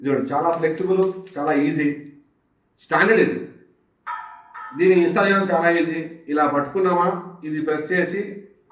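A gas safety device is held and pressed down toward the valve of an LPG cylinder while someone talks throughout. The clip ends before the device goes home, so nothing has seated or clicked yet.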